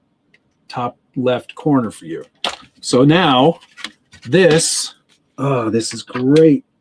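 A plastic part for a Tamiya F150 Ranger XLT RC scale truck body is handled, lined up to key against a new standoff at the top left corner and to drop down onto two locating posts, while someone talks throughout. Nothing has seated or clicked yet; the clip ends just before the part snaps into place.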